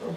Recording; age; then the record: pig call; piglet (1 to 25 days)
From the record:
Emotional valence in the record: positive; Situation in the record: huddling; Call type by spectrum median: low-frequency call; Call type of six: low-frequency stable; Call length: 0.17 s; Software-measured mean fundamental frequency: 55 Hz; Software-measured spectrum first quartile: 201 Hz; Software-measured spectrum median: 399 Hz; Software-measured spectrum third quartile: 598 Hz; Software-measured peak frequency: 483 Hz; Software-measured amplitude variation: 106 dB a second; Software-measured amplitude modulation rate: 17.4 a second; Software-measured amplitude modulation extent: 6.1 dB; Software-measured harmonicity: 3.2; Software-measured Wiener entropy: -0.37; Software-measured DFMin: 1006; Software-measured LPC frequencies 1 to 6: 464, 1831, 2851, 3466, 4242, 5201 Hz